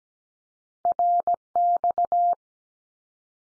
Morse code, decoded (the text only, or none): RX